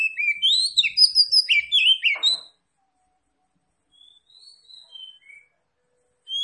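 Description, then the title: Oriental magpie-robin song, a loud, dense phrase of rapid varied whistles and chirps, followed after a pause by soft quiet notes and another loud start. Singing in full, energetic form (gacor); Tretes type. "Kacer Tretes"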